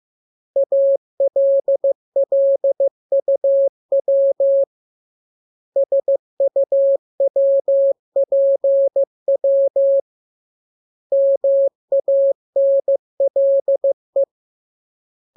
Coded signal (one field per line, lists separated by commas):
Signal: Morse code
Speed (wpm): 15 wpm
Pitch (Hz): 550 Hz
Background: none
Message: ALLUW SUWPW MANLE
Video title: Learning Morse Code. Lesson 11. Letter KMURESNAPTLW